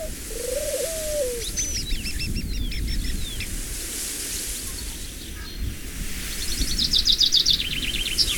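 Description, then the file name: Bird calls in rapid chattering series of high chirps and a lower slurred whistle, heard over a constant low wind-like rumble. Birds in the evening breeze. "ecologie sonore arte-onf nature - brise du soir oiseaux"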